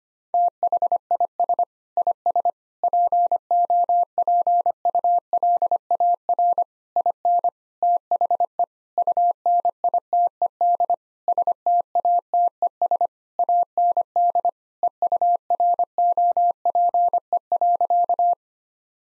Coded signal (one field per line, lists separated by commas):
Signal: Morse code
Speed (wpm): 25 wpm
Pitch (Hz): 700 Hz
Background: none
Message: THIS IS POPULAR IN THE UNITED STATES AND EUROPE.